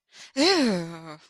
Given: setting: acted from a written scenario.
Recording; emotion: vocal sound without words; negative surprise